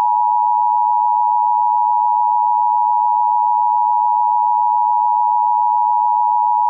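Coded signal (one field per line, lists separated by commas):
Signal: Emergency Alert System (SAME) tones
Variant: 853 and 960 Hz attention tone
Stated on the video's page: Mock reenactment of the National Periodic Test using valid EAS tones, rendered on Trilithic EASyCAP, Digital Alert Systems DASDEC II and Sage Digital Endec.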